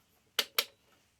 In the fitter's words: and now they're locked into place so I lock the last board into place